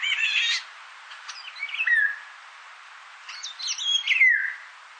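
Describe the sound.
Indian golden oriole song: a burst of rich mixed notes, then a short fluty whistle sliding down, and later a tangled phrase ending in a clear descending whistle.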